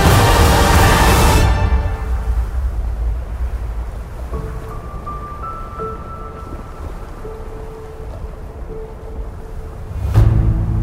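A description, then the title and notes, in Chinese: Epic music over howling wind and snow: a harsh roaring gust opens, low rumbling wind carries long held notes, then another gust surges near the end. 10首超好聽史詩音樂配合風雪的聲音。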